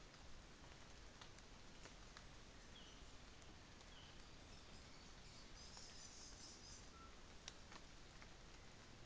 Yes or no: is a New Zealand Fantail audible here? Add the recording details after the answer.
yes. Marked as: faintness 3/5. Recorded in New Zealand on 24 December 2018. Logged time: 09:00